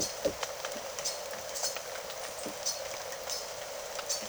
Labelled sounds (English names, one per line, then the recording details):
Silver-beaked Tanager
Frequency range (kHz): Silver-beaked Tanager 2.8-11.4 kHz
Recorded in secondary vegetation near Puerto Asís, Putumayo, Colombia, on 24 June 2025 at 13:00
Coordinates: 0.489, -76.322
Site G021